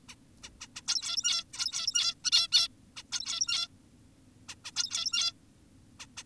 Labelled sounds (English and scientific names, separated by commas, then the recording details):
Zebra Finch (Taeniopygia guttata)
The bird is an adult
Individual g17y2U